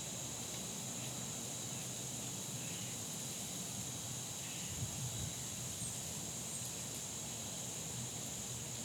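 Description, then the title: Insects droning as an unbroken high whine over a faint second tone, with low rumbling background noise throughout. Fall day that felt like late summer; insects droning like the heat in a neighborhood, joined by falling acorns. "Soundcast: Insects and Acorns"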